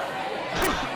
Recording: coughing mixed with background sound